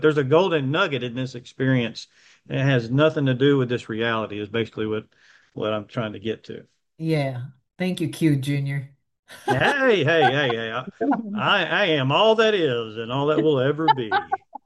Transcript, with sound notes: There's a golden nugget in this experience that has nothing to do with this reality, is basically what, what I'm trying to get to.
Yeah. Thank you, Q Junior. (laughs)
Hey, hey, hey, hey. I, I am all that is and all that will ever be.